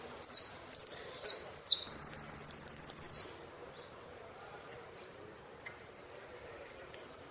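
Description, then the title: Saffron finch singing four sharp slurred high notes followed by a rapid buzzy trill, then near silence with faint background chirps and one final high note. "Jilguero Argentino"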